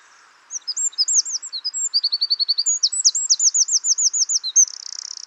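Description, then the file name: Eurasian wren delivering a rapid, high, tinkling song of rolling repeated notes that ends in a harsh buzzy trill. "Troglodytes troglodytes"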